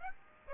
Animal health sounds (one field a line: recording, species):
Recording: mosquito wingbeat signal from an infrared sensor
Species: Aedes aegypti